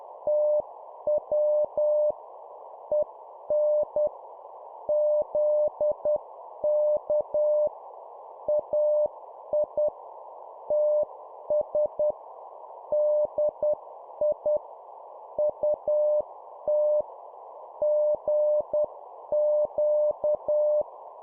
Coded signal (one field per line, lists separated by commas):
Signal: Morse code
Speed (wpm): 10 wpm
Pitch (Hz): 600 Hz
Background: none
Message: TW EN ZK AI TS DI UT GQ